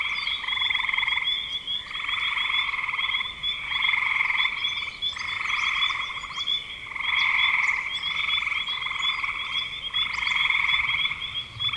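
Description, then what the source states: Many frogs calling at once, pulsed buzzy trills in bursts separated by brief gaps, with a constant high-pitched whine. Recorded in spring 2025.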